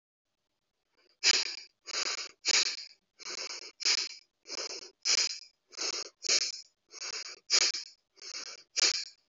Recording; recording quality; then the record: shallow breathing; excellent, no background noise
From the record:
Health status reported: respiratory illness, not identified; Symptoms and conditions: hypertension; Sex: male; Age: 52 years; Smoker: yes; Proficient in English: yes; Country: India